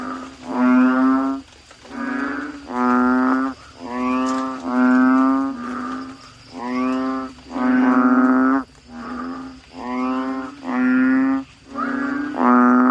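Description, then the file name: Asian common toad calls: a chorus of deep, nasal, moaning notes about a second long, overlapping and repeated almost continuously, several callers alternating. "suara kodok bangkong"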